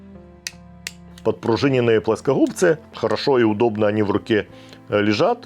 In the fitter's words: Да, вот слышите, щелчок.